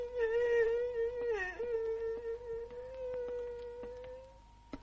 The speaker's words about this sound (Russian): Ступайте, Брик, ступайте. И довольно слез. Перестаньте хныкать.